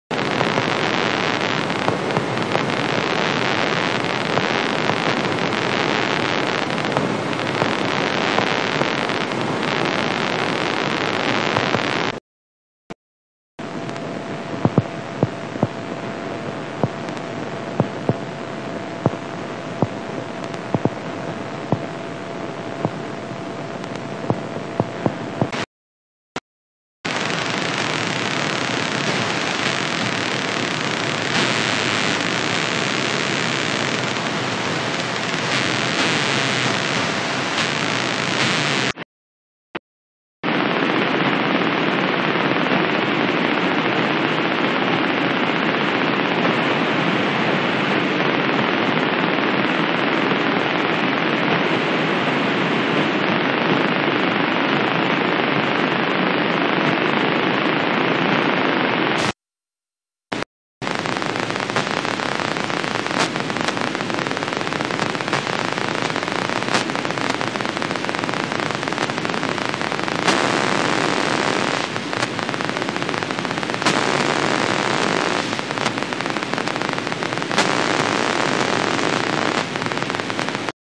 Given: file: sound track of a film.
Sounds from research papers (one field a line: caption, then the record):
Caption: spiking activity of different neuronal elements. The movie shows the raw spike trace, instantaneous firing rate (lower traces), the eye position (upper left), and the spikes as they can be observed during a recording session. The soundtrack also reproduces the sound typically heard on an audio monitor. Recordings from 5 cells are shown: (1) a Purkinje cell (notice that complex spikes are clearly audible, and that the cell responded to ocular pursuit), (2) complex spikes recorded in the molecular layer, (3) a mossy fiber, which exhibited a characteristic sharp spike, high-pitch sound, high and regular firing rate and bursting response to saccades, (4) a GLI with a low and regular firing rate. Notice that the firing rate of this GLI decreased during downward eye movement but does not increased during upward eye movement: it followed a typical ‘I’ profile. Notice also that a ‘hashing’ activity is audible in the background, which indicates the presence of nearby mossy fibers. (5) a GLI with a high and irregular firing rate. Notice that a nearby mossy fiber with hashing activity is also clearly audible, and that the firing rate of this GLI increased during eye movements to the left but does not decrease during eye movement to the right: it follows a typical ‘E’ profile.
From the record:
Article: Cerebellar Cortex Granular Layer Interneurons in the Macaque Monkey Are Functionally Driven by Mossy Fiber Pathways through Net Excitation or Inhibition